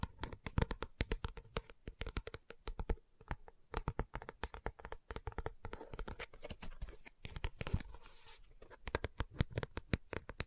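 Quick, irregular taps on a book come in dense bursts, with softer scratching between them and a brief bright rustle near eight seconds.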